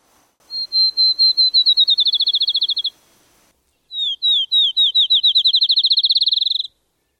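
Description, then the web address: Field sparrow song, twice: clear whistled notes starting slow and speeding into a rapid even trill, each song lasting about two and a half seconds with a pause between. "Thumbs Plus Zoo Field Guide Repository"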